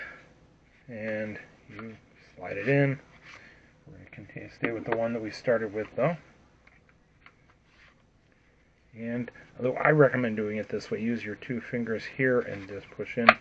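Someone talks while holding the original flight battery of a Holyton HT50 R/C quadcopter and lining it up in the battery bay, ready to push it in with two fingers so it sits tight and can't come loose and crash. Faint plastic handling taps are heard around 4.1 s and between 6.7 and 8.3 s. The battery has not seated or clicked yet.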